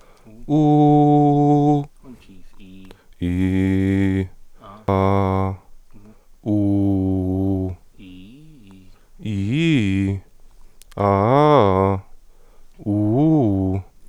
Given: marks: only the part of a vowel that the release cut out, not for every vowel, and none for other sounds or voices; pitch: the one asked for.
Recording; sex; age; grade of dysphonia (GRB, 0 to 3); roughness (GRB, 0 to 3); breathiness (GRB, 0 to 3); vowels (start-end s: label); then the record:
sustained vowels; male; 20 to 29 years; 0; 0; 0
0.57-1.72 s: vowel /u/, high pitch
3.30-4.15 s: vowel /i/, low pitch
4.92-5.46 s: vowel /a/, low pitch
6.54-7.63 s: vowel /u/, low pitch
9.31-10.08 s: vowel /i/, low-high-low pitch
11.06-11.89 s: vowel /a/, low-high-low pitch
12.93-13.71 s: vowel /u/, low-high-low pitch
From the record:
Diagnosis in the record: healthy voice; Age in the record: 21 years